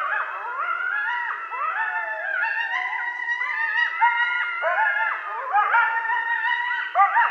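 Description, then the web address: Coyotes in chorus, several overlapping wavering howls rising and falling with sharp yips and quavering barks mixed through. Coyotes, several animals, recorded at night on 13 November 2012. "Coyote 2012 11 13 Coyotes"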